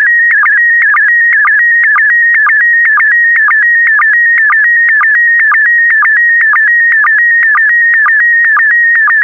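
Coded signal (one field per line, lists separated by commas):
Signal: SSTV (slow-scan television)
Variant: PD120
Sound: continuous warbling whistle near 2 kHz with regular short low chirps about twice a second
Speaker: complete. You can now check your decoded image against the picture that is shown on the video.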